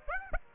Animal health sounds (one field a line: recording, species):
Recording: mosquito wingbeat signal from an infrared sensor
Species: Aedes aegypti